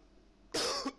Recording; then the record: coughing mixed with background sound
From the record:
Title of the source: Coughing 60